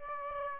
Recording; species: mosquito wingbeat signal from an infrared sensor; Aedes aegypti